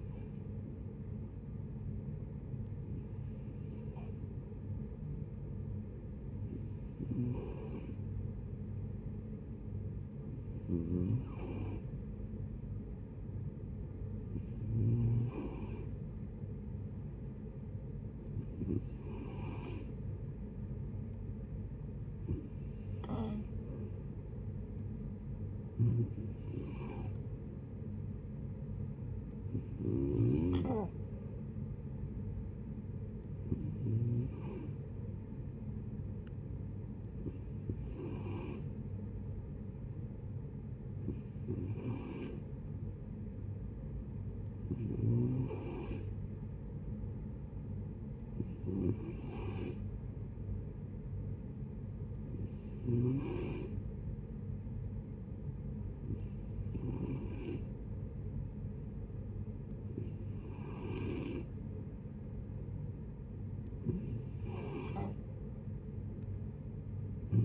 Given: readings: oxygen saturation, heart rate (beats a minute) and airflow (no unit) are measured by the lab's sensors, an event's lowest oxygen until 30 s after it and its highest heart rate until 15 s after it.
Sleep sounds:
breathing in sleep by a smartphone at the bedside; 1
3.00-22.30 s: hypopnea (N2, oxygen 92% highest, then 90% lowest)
From the record:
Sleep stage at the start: N2 (light sleep); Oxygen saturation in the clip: 90 to 92%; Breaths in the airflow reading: 18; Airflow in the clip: -8.7 to 6.2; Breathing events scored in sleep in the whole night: 496 in 5.4 hours asleep

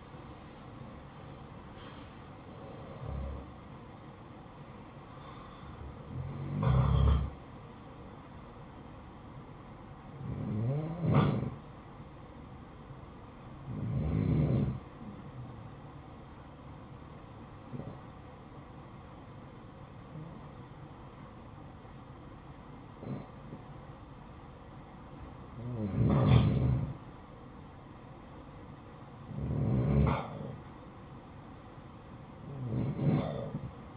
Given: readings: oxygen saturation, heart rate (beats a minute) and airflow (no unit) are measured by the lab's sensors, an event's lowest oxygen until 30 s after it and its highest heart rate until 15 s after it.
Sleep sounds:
breathing in sleep by a smartphone at the bedside; none
none scored
From the record:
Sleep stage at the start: REM sleep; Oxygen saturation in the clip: 80 to 94%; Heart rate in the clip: 60 to 77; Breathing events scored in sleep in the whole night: 573 in 9.8 hours asleep

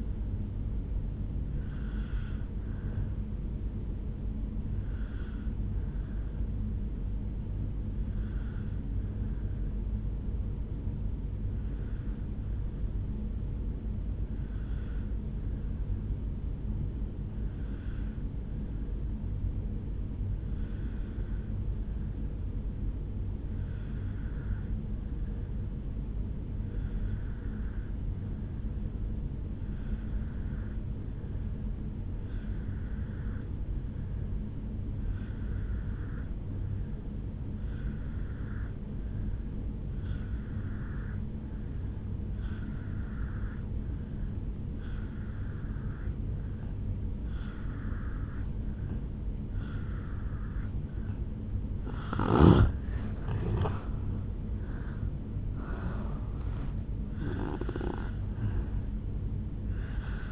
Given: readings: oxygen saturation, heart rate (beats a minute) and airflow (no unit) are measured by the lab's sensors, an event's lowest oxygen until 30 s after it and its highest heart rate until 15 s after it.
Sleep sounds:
breathing in sleep by a smartphone at the bedside; 1
5.00-49.90 s: obstructive apnea (N1, oxygen 97% highest, then 84% lowest, heart rate 53 at the start, 78 highest)
9.00-60.31 s: new sleep stage, N2 (light sleep)
From the record:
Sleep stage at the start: N1 (lightest sleep); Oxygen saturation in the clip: 79 to 97%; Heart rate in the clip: 53 to 78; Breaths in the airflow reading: 5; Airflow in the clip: -7.5 to 7.0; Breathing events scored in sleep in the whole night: 449 in 7.0 hours asleep

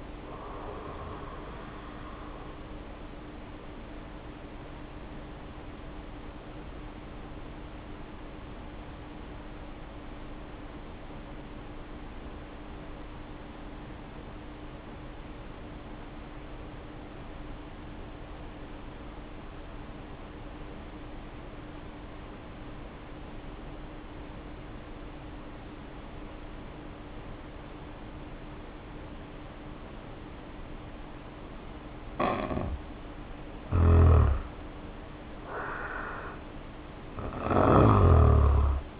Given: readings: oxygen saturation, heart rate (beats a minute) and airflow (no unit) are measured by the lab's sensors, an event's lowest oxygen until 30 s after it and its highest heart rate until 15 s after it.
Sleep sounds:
breathing in sleep by a voice recorder at the bedside; 1
3.00-33.70 s: hypopnea (N1, oxygen 91% highest, then 77% lowest, heart rate 69 at the start, 69 highest)
20.00-39.00 s: new sleep stage, N2 (light sleep)
From the record:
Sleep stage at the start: N1 (lightest sleep); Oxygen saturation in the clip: 75 to 91%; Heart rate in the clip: 47 to 69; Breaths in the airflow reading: 10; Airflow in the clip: -2.0 to 2.6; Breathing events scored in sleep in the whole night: 520 in 7.2 hours asleep

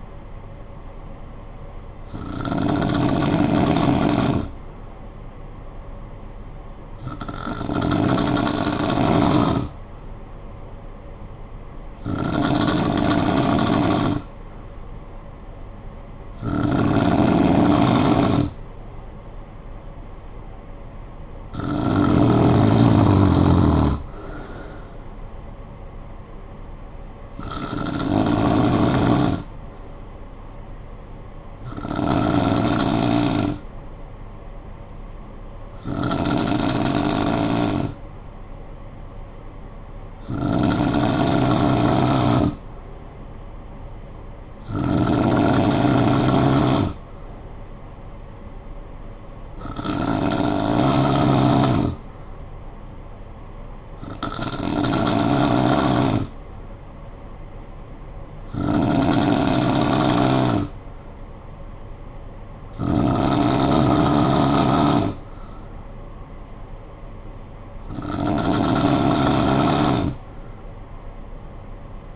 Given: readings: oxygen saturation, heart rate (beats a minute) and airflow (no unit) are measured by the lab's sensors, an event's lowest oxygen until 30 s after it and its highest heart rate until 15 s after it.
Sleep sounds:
breathing in sleep by a smartphone at the bedside; 1
3.00-21.60 s: hypopnea (N2, oxygen 96% highest, then 93% lowest, heart rate 55 at the start, 64 highest)
From the record:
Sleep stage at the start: N2 (light sleep); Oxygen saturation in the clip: 93 to 96%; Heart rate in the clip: 52 to 64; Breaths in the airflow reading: 15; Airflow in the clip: -10.7 to 6.8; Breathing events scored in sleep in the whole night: 445 in 7.6 hours asleep

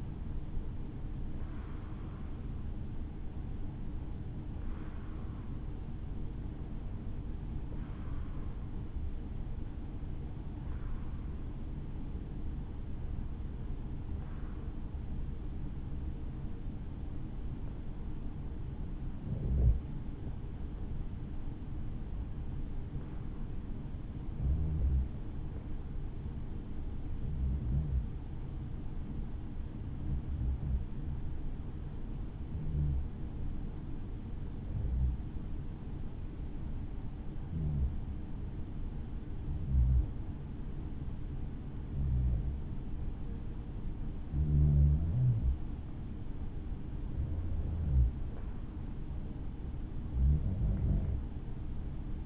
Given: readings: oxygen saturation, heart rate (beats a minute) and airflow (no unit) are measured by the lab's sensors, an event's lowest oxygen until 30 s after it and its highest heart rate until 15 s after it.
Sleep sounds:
breathing in sleep by a smartphone at the bedside; 1
22.00-48.20 s: hypopnea (REM, oxygen 96% highest, then 92% lowest, heart rate 61 at the start, 65 highest)
From the record:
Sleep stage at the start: REM sleep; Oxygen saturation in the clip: 89 to 96%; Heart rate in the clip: 59 to 65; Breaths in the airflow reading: 18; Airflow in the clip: -4.6 to 4.5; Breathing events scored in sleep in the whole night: 216 in 7.0 hours asleep

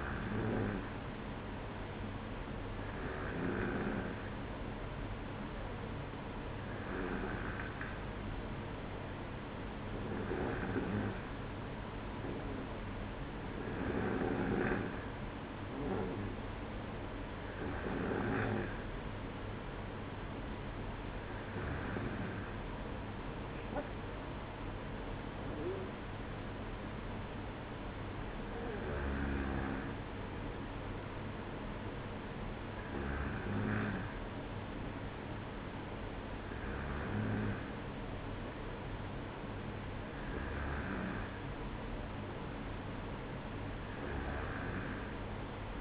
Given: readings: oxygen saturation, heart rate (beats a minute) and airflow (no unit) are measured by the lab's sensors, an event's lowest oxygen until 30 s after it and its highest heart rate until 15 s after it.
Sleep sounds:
breathing in sleep by a voice recorder at the bedside; none
none scored
From the record:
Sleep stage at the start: N2 (light sleep); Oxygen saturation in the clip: 93 to 94%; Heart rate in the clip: 55 to 57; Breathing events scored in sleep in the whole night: 305 in 9.6 hours asleep

